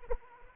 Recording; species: mosquito wingbeat signal from an infrared sensor; Anopheles arabiensis